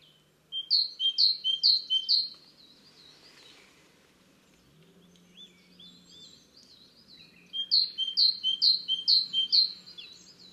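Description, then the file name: Great tit singing bright, high two-note phrases repeated rapidly several times, a pause with softer twittering, then another run of the same see-saw phrases. "Carbonero comun"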